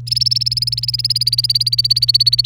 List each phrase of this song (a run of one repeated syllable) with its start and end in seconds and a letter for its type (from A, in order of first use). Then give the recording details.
0.07-2.45 A. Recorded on 30 April 2018 at 08:26. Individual llb3